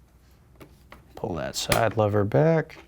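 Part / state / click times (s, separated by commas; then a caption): air rifle magazine into rifle breech / not seated / none. A loaded rotary magazine is being handled at the breech of an Umarex Iconix PCP air rifle with the side lever pulled back, while someone talks. Faint handling taps are heard around 0.6 s and 0.9 s, but the magazine has not snapped into the breech yet and nothing has seated.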